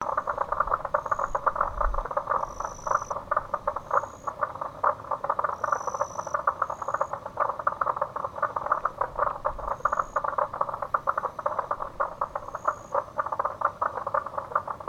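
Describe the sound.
Frog chorus: a dense, continuous mass of rattling, pulsed croaks, with thin high whistled notes coming and going at irregular intervals throughout.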